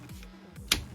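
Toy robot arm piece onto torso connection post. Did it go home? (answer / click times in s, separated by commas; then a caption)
yes / 0.7 s. The plastic Transformers Studio Series Constructicon Scavenger toy robot limb, serving as Devastator's right arm, is pushed down so its groove pegs onto a post on the combined Devastator body. A few faint ticks at about 0.2 s and 0.6 s lead to one sharp, loud click at 0.7 s. The arm is seated fully in place.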